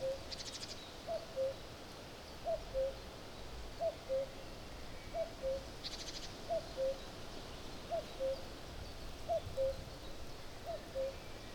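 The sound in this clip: Common cuckoo giving a steady series of two-note cu-coo calls, high then low, about every second and a half, with brief high chirps from another bird.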